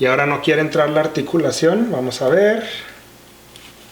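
Someone talks while handling the plastic leg joint of an action figure, working it toward its hip socket after it won't go in. A faint tick near 3.6 s follows in quiet, but nothing has seated or clicked yet.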